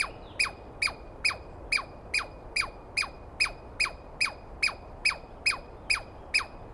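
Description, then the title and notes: Douglas squirrel giving rapid, evenly spaced chirps, each a sharp note dropping quickly in pitch, around sixteen in a row, with soft background noise. Douglas pine squirrel screaming at length at dawn on 21 April 2017 in the East Cascades, startling the recordist awake; identified by sound, not clearly seen. "On the morning of 21 April, 2017, I set up my microphones and recorder for a nice dawn recording in the East Cascades. I was started awake by a screaming Douglas Pine Squirrel"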